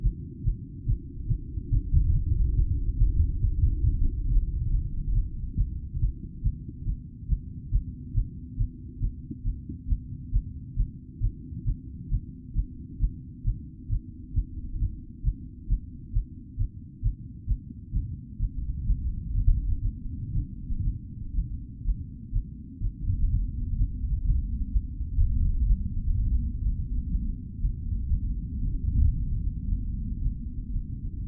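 A heartbeat after a climb, beating fast and steady at roughly two beats per second. The thumps are deep and muffled, with nothing above a low range, and a soft rushing murmur runs between them throughout.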